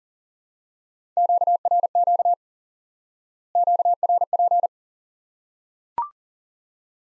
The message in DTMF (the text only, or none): none